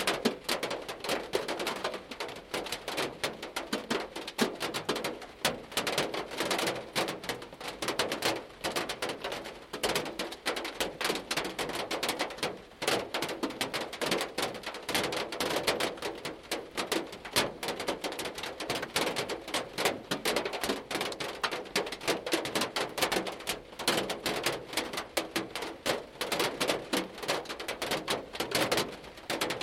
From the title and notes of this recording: Rain on the roof of a car - interior. Recording I made while waiting in a parking lot to get out until the rain shower was over.